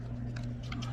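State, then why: Not seated. While refitting the door lock actuator on a Lexus IS 200t, a door lock linkage rod clip is handled at its plastic retainer on the actuator. Over a steady low hum, a few light ticks are heard at about 0.4, 0.7 and 0.8 seconds. Nothing has seated or clicked into place yet.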